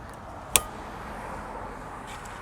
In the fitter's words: and you'll hear it latch onto the car says connecting the vehicle